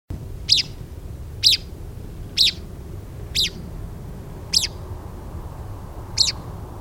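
Richard's pipit calls: single sharp, harsh notes, repeated about once a second over a steady low rumbling background.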